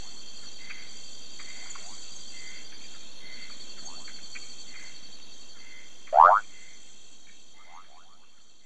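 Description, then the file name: Brown running frog giving a loud, quick rising bloop, with fainter similar upswept notes and short repeated chirps over a steady high insect hum. "Kassina fusca"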